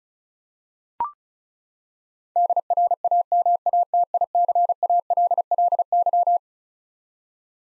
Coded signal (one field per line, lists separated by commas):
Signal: Morse code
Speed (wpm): 36 wpm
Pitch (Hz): 700 Hz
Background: none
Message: DRAMATICALLY